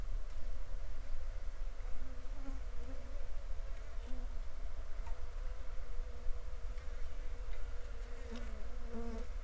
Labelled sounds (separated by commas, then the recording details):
water, insects
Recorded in the Prudhoe Bay oil fields, Alaska, on 7 July 2019 at 00:00
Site 14